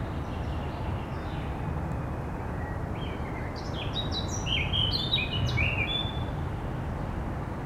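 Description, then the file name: Eurasian blackcap giving a fast warbled phrase of sweet, jumbled high notes midway through, with constant low rumble underneath. "Sylvia atricapilla"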